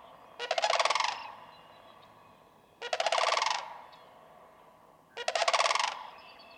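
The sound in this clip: Sandhill crane rolling, rattling calls, each loud burst lasting under a second with dense pulsed texture, repeated three times about every two and a half seconds.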